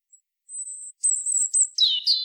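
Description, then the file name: European robin song opening with long, very high thin whistled notes, then breaking into a lower, sweet, rapidly warbled phrase; no other sounds. "Erithacus rubecula"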